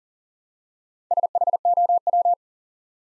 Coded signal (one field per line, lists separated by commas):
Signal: Morse code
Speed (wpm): 37 wpm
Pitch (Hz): 700 Hz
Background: none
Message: SHOW